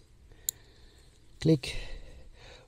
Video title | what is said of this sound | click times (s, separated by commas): Das für uns beste tragbare Solarpanel des Jahres 2023! | anything wrong red to red only one click fits | 0.5 s